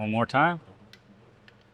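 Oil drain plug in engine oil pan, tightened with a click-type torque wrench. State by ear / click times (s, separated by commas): torque reached / 0.9 s, 1.5 s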